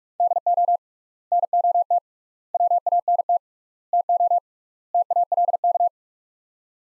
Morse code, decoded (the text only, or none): DO NOT WANT TO TALK